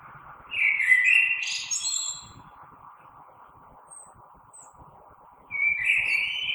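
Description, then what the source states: Common blackbird song: a mellow fluted phrase with a thin high twitter at its end, a quiet gap, then another phrase starting, over a faint low hum. Recorded on 3 March 2020.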